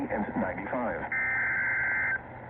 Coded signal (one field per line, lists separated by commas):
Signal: Emergency Alert System (SAME) tones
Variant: header bursts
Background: speech